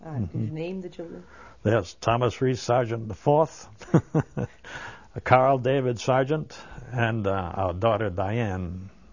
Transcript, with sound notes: Name the children.
There's Thomas Reese Sargent IV. ( he laughs ) Carl David Sargent and our daughter, Diane